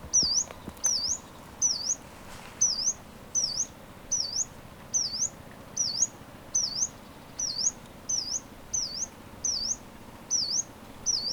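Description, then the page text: Yellow-browed warbler, a thin, high, sharply falling-then-rising 'tsweet' note, repeated steadily about every three-quarters of a second over a quiet background. "Frank Lambert - Пеночка-зарничка (Phylloscopus inornatus)"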